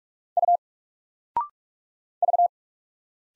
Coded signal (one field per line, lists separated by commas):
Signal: Morse code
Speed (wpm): 44 wpm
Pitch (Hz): 700 Hz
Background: none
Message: U V